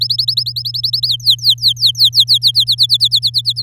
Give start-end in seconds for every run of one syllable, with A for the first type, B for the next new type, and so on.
0.01-1.08 A, 1.08-2.51 B, 2.54-3.62 C